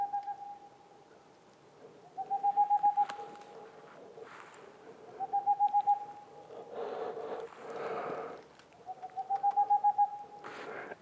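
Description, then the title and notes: Boreal owl song, three quick rolling hoot series, with bursts of broad rustling noise between phrases. Singing male near a black woodpecker nest hole, in the mountains near the Mediterranean, 2 April 2019, 20:15, evening; homemade parabolic dish, two omni microphones, MixPre 3 recorder. "Une chouette pas si boréale. 02 avril 2019-20h15-en montagne. la Tengmalm boréale ( Aegolius funereus) , pas si boréale que cela car nous sommes aux portes de la méditerranée"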